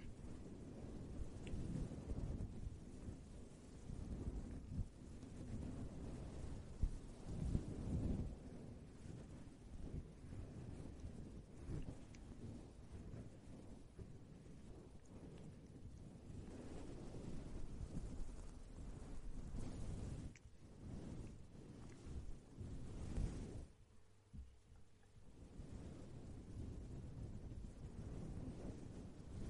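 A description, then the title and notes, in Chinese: Scratching on the top of the head, heard as a dense, continuous low rumble with rough crackly texture, mixed with occasional soft puffs of blown air. The sound stays busy throughout, easing briefly around 24 seconds before resuming. 头顶抓挠少量吹气。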